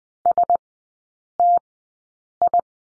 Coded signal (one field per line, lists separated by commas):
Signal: Morse code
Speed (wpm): 20 wpm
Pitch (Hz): 700 Hz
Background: none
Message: STI